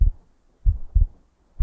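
Deep, soft thumps in a steady rhythm, with a paired lub-dub around the middle and a slow, unhurried pace. An ordinary adult heartbeat, a 'tokun, tokun' beat with no extra noises between beats, heard as a calm, soothing sound that brings relief and drowsiness when listened to for a while.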